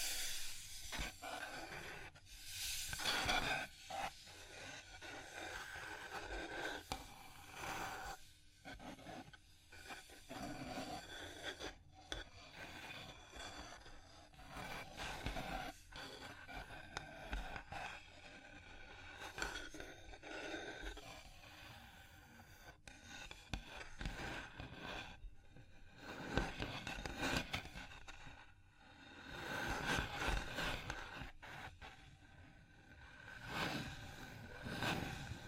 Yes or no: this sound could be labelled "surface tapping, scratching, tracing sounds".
yes